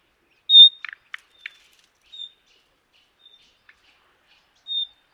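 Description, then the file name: Common nightingale: one strong whistled note, then a rattle of dry clicks and a few softer whistles. "Luscinia megarhynchos"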